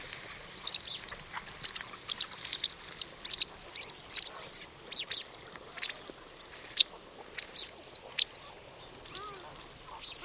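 Birds giving a busy chorus of short, high chirps and twittering notes, several overlapping at irregular intervals, with brief louder sharp chips standing out.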